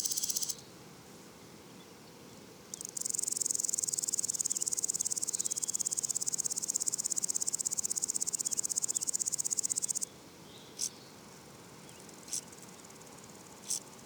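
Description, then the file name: Woodland grasshopper stridulation: a short burst at the start, then a long, even, high pulsing rasp of about seven seconds, followed by a few brief scattered clicks. Duetting grasshoppers producing different long and short stridulations, recorded at le Puech, France, 32-bit, with a modified Earsight omni microphone. "criquets noirs ebenes differentes stridulations longue breves criquets duettistes le Puech F"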